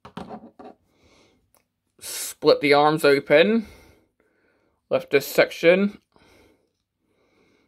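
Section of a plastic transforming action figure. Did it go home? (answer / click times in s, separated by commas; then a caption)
no / none. A section of a Transformers Legacy Evolution Animated Universe Prowl plastic transforming action figure is handled during its transformation. Someone talks, and a few faint plastic ticks and rubs can be heard. Nothing has seated or clicked into place yet.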